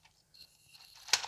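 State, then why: Seated. A plastic armor piece is pushed onto the body of an assembled Zoids Wild Grachiosaurus model, with faint plastic rustling and scraping as it is pressed on. It snaps into place with a loud, crisp snap at 1.1 s and is seated tightly.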